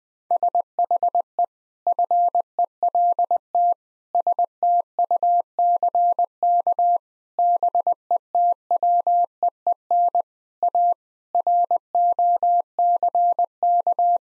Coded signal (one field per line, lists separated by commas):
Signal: Morse code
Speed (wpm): 20 wpm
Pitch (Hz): 700 Hz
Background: none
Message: SHE FELT STUCK BETWEEN A ROCK